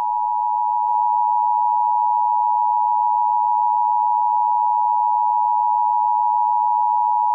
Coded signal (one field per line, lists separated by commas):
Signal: Emergency Alert System (SAME) tones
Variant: 853 and 960 Hz attention tone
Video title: EAS Scenario-Jack